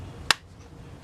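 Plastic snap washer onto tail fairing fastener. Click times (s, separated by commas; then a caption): 0.3 s. A small plastic snap washer is pressed onto a fastener on the tail fairing of a 2020 Yamaha MT-09 motorcycle. A single sharp, loud click at 0.3 s stands out over a quiet background. The washer snaps in and is seated.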